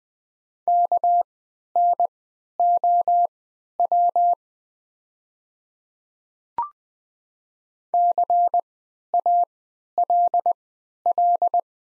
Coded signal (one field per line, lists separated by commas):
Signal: Morse code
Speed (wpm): 20 wpm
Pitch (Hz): 700 Hz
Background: none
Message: KNOW CALL